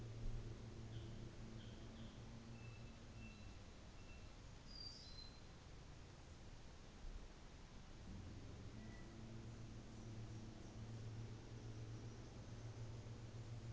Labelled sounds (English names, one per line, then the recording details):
North Island Saddleback
New Zealand Fantail
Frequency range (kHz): North Island Saddleback 1.3-4.5 kHz; New Zealand Fantail 5.4-7.9 kHz
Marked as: faintness 4/5, faintness 5/5
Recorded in New Zealand on 24 December 2018
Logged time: 14:10